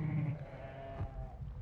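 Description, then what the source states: Sheep bleat, a faint drawn-out harmonic tone heard over low rumbling background noise. A lamb.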